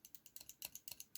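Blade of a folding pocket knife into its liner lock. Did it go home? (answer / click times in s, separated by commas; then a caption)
no / none. The blade of a FUNBRO EDC folding pocket knife is flipped open repeatedly with moderate force against its steel liner lock, producing a quick series of short, sharp, bright metallic clicks. Even with a good amount of force, the liner lock does not catch the blade, so nothing has locked yet.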